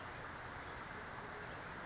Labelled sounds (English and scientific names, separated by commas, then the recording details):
Western Flycatcher (Empidonax difficilis)
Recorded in Sonoma County, California